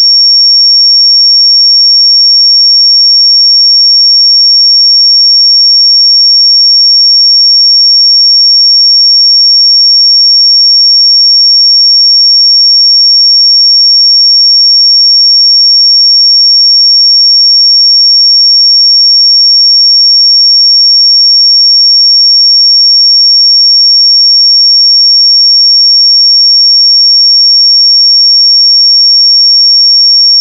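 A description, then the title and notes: A single pure sine tone at 5515 Hz holds perfectly steady and unbroken for the full thirty seconds, bright and thin, with nothing else. 5515 Hz 1 Hz Interval Sine Pure Tone Frequency 441000 Sample Mono.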